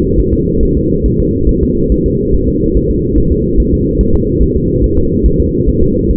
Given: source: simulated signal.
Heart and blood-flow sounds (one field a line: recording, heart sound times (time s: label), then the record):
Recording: fetal heart sounds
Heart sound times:
0.19 s: S1
0.34 s: S2
0.63 s: S1
0.77 s: S2
1.06 s: S1
1.20 s: S2
1.49 s: S1
1.63 s: S2
1.92 s: S1
2.06 s: S2
2.34 s: S1
2.49 s: S2
2.76 s: S1
2.91 s: S2
3.18 s: S1
3.32 s: S2
3.60 s: S1
3.74 s: S2
4.01 s: S1
4.15 s: S2
4.43 s: S1
4.56 s: S2
4.84 s: S1
4.98 s: S2
5.26 s: S1
5.40 s: S2
5.69 s: S1
5.83 s: S2
6.11 s: S1
From the record:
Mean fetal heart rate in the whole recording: 140 bpm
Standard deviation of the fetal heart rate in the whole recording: 2 bpm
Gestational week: 34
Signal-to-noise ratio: -15.3 dB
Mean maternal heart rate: 72 bpm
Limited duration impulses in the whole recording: present